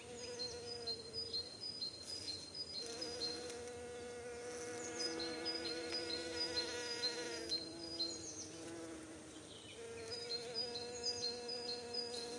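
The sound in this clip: Bee buzzing: a droning hum that varies in pitch and breaks off briefly near the start, with repeated high chirping notes in the background.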